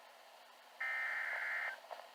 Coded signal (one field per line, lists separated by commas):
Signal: Emergency Alert System (SAME) tones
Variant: header bursts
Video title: EAS #56- First GSP Severe Thunderstorm Watch